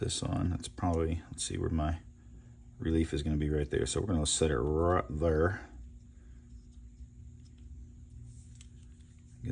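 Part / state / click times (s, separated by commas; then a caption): 3D-printed accessory part onto miniature AR15 model / seated / 8.6 s. A 3D-printed plastic accessory part is lined up at its relief cut on a miniature AR15 model and pressed until it snaps into place. Someone talks through the first half, then quiet handling follows, and a sharp click at 8.6 s marks the part seating.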